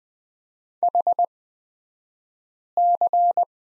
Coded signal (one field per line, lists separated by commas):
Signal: Morse code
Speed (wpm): 20 wpm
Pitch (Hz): 700 Hz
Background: none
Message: HC